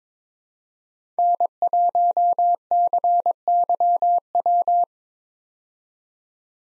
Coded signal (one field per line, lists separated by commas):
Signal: Morse code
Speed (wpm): 22 wpm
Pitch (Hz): 700 Hz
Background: none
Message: N1CYW